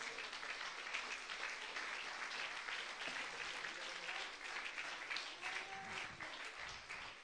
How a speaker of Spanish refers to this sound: ¿Cuánto le da un aplauso a Cristo en esta hora?